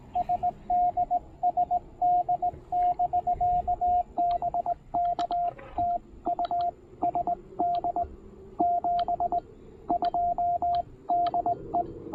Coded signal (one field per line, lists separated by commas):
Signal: Morse code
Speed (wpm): 19 wpm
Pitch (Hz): 690 Hz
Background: radio noise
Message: SD SD <BK> BK TU SD 72 DE